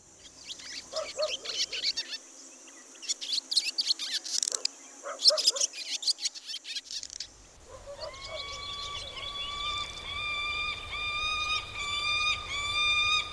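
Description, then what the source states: Swallow twittering: rapid bursts of high, chattering chirps for about seven seconds. Heard in close-up.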